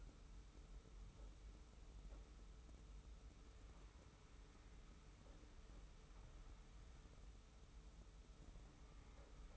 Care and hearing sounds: daily activity, microphone in the room; wipe stove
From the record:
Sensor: 1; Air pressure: 991.5 hPa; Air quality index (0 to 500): 134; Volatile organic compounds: 497 ppm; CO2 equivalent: 4815 ppm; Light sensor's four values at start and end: 40/124/49/51 and 40/124/49/51

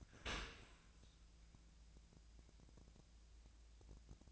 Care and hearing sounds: daily activity, microphone in the room; open dishwasher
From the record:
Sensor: 2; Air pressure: 1000.4 hPa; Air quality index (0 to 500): 164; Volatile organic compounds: 3 ppm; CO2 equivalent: 1358 ppm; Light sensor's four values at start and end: 11/30/11/13 and 11/30/11/13

